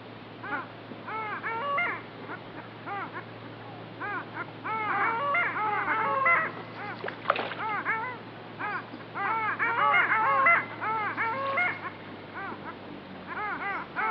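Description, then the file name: Long-tailed ducks calling in a flock: many overlapping nasal, arched yodelling notes in rapid bursts, louder around the middle and later. "Digiffects Sound Effects Library - Long Tailed Duck"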